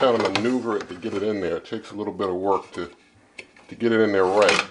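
Someone talks while working the heating lid unit of a Ninja Crispi Pro 6-in-1 glass countertop air fryer onto the top of its glass cooking container, with faint handling sounds between the words. The lid unit has to be maneuvered to fit and should snap into place, but nothing has seated or clicked yet when the clip ends.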